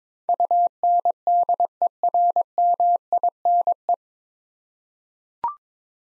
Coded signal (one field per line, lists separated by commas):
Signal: Morse code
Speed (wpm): 22 wpm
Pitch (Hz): 700 Hz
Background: none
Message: UNDERMINE